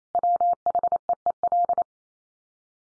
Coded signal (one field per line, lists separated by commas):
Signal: Morse code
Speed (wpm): 28 wpm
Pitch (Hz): 700 Hz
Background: none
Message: WHEEL